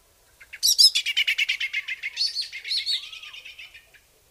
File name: Turdus merula